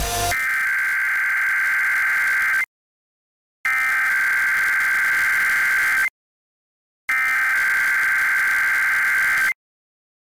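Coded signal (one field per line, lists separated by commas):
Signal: Emergency Alert System (SAME) tones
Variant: header bursts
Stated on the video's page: Real Required Monthly Test alerts from DC-area broadcast stations and TV providers, including a K-Love FM transmitter; many stations failed.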